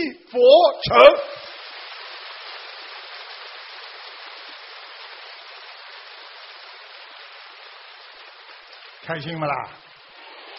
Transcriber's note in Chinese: 掌声